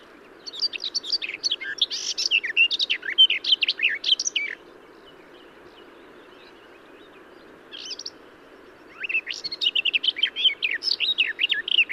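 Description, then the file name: Garden warbler song: a fast, liquid warble lasting about four seconds, a few scattered notes near eight seconds, then another rich rambling phrase to the end. "Garden-Warbler -Sylvia-borin"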